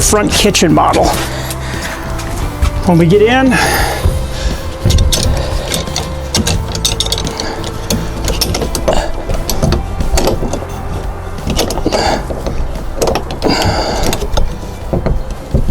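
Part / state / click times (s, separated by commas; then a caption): folding hard-side wall panel into the camper's roof and body frame / not seated / none. A folding hard-side wall panel on a 2017 Rockwood 215HW hard-side pop-up camper is handled during setup, going toward its locked position in the camper's roof and body frame. Someone talks over music while sharp knocks and clatters sound around 5.7, 6.9, 7.0, 7.1 and 8.4 seconds. The panel has not seated or snapped into place yet.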